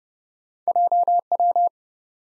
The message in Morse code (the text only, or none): J W